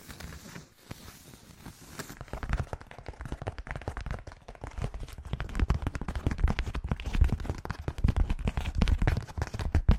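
Fast ASMR triggers crackle in dense, irregular taps and rustles, starting soft and growing louder and busier after two seconds, with sharp clicks throughout.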